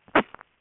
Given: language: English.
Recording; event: throat vibration sensor signal played as sound; cough